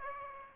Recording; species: mosquito wingbeat signal from an infrared sensor; Aedes aegypti